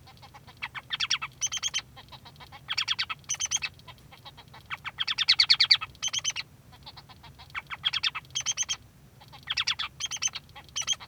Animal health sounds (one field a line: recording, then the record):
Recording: song of a male Bengalese finch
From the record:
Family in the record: son of father 3